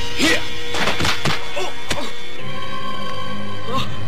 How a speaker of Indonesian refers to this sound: Belum lagi ia sempat berteriak, sebuah pukulan yang keras menerpa tubuhnya.